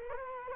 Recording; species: mosquito wingbeat signal from an infrared sensor; Culex quinquefasciatus